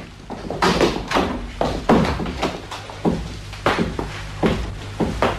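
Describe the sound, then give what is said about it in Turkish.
A door being opened, heard as a series of irregular wooden thuds, knocks and clunks spread over several seconds, with a steady low hum underneath and no talking. “Aç kapıyı, ilk konuklar olsa gerek.”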